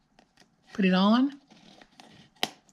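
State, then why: Seated. A metal snap fastener is pushed through the punched hole in a paper basket handle, and the snap head is placed on and pressed together. Someone talks, followed by faint rustling and small ticks. A sharp metallic click at 2.4 s marks the snap closing, joining the handle to the basket.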